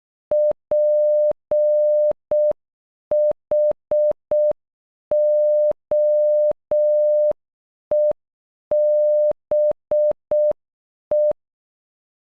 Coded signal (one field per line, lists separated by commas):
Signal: Morse code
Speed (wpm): 12 wpm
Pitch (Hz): 600 Hz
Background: none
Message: PHOEBE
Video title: Phoebe in Morse code